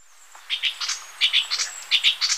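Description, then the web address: Sepia-brown wren calls: quick clusters of two or three scratchy chips, repeated several times in a short burst. Recorded in Ecuador. "Natures Songs S America Birds of Ecuador Sepia-brown Wren"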